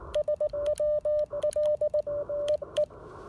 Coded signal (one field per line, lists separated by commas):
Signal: Morse code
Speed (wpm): 18 wpm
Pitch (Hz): 600 Hz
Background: radio noise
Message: SWL E E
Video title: Pairing the Icom IC-705 with the Elecraft AX1 antenna at a POTA activation. Can this work?